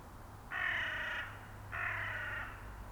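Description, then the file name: Carrion crow giving two harsh, drawn-out caws about a second apart, each lasting roughly three-quarters of a second, over a steady low hum. "Corvus corone"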